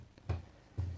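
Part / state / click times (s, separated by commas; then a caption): tablet into keyboard dock / seated / 0.2 s, 0.3 s. A Chuwi Hi10 tablet is pushed down into its magnetic/clip keyboard dock, giving a faint click at 0.2 s and a louder, low click-thud at 0.3 s. Another low thump follows at about 0.8 s. The tablet is latched securely in the dock.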